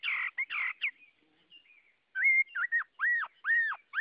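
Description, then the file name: Chinese hwamei singing: a few burry phrases, a short pause, then clear arched whistled notes repeated in quick succession. Song in the forest-voice style (giọng rừng). "Tieng hoa mi hot giong rung"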